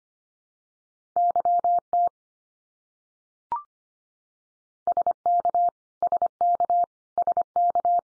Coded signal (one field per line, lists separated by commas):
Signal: Morse code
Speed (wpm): 25 wpm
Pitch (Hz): 700 Hz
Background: none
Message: YT SK SK SK